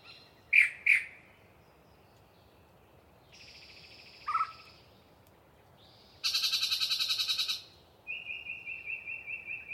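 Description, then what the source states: Yellow-breasted chat giving two sharp explosive notes, a nasal buzzy phrase with a low slurred note, a loud harsh chatter, then a fast even series of high clipped notes. Single very chatty bird giving a long pre-dawn song bout in deciduous cover near the microphones.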